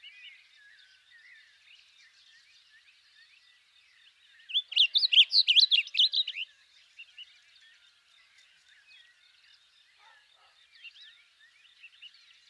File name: Blue Grosbeak Passerina caerulea